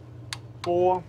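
An inch-pound torque wrench tightens bolt three in the sequence on an intake bolt of a Chrysler 3.6L V6 engine. It gives a sharp click at its setting at 0.3 s over a low steady hum. Someone then talks briefly.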